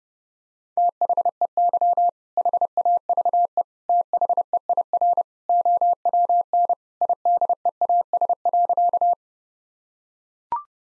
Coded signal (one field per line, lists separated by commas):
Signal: Morse code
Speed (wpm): 30 wpm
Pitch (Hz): 700 Hz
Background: none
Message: THEY HAVE THEIR OWN IDEAS.